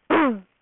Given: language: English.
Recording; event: throat vibration sensor signal played as sound; throat clearing